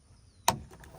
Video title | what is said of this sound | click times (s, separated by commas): 2001-2006 Acura MDX rear driver side left door window regulator motor rail replacement, Broken cable | There we go, it clicks. Now it's locked in. | 0.5 s